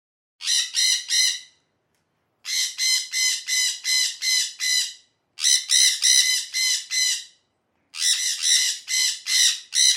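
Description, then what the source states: Sun conures giving loud, harsh screeching squawks in rapid bursts of several notes, with short pauses between bursts. Two birds calling.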